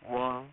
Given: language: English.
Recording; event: throat vibration sensor signal played as sound; speech